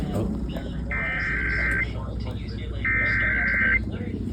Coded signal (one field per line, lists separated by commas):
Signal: Emergency Alert System (SAME) tones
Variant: header bursts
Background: speech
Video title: EAS #220-222 - Georgia Required Monthly Test (May 2026) #eastest #georgia #eas #emergencyalertsystem